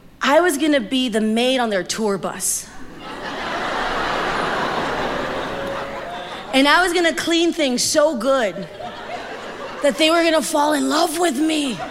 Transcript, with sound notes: I was going to be the maid on their tour bus.
(LAUGHTER)
And I was going to clean things so good that they were going to fall in love with me.